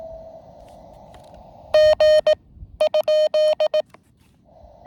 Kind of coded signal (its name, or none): Morse code